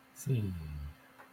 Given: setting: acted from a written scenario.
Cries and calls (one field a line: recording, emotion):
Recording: vocal sound without words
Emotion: serenity